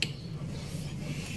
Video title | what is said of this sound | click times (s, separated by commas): CHANGE OIL GAMIT ANG PETRONAS SPRINTA A700 PARA SA MIO I125 | Nag-click na. | 0.0 s